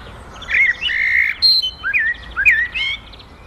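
Common blackbird singing a flowing phrase of mellow, looping whistles with a few thin high notes near the end.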